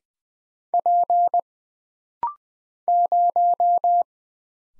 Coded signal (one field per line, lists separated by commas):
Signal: Morse code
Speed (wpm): 20 wpm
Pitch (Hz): 700 Hz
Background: none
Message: P 0